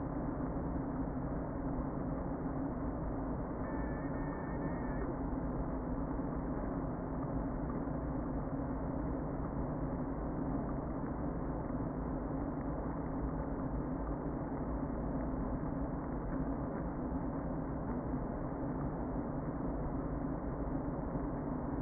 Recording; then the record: honeybee colony, microphone inside the hive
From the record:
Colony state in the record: queen present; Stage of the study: before two queens were removed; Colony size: about 60,000 bees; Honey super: yes